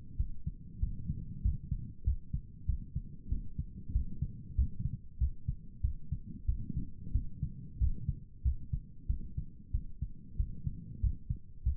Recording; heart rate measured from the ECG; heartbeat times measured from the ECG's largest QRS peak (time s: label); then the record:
heart sounds by stethoscope; 94 bpm
0.16 s: heartbeat
0.79 s: heartbeat
1.41 s: heartbeat
2.03 s: heartbeat
2.65 s: heartbeat
3.28 s: heartbeat
3.92 s: heartbeat
4.55 s: heartbeat
5.18 s: heartbeat
5.81 s: heartbeat
6.45 s: heartbeat
7.11 s: heartbeat
7.78 s: heartbeat
8.42 s: heartbeat
9.06 s: heartbeat
9.71 s: heartbeat
10.36 s: heartbeat
11.00 s: heartbeat
11.63 s: heartbeat
From the record:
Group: healthy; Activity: rest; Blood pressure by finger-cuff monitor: 110/67 mmHg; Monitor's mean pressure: 79 mmHg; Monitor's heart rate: 94 bpm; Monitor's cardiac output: 8.2 L/min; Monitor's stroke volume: 86 mL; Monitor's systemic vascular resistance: 700 dyn s/cm5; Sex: male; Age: 19 years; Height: 178 cm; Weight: 83 kg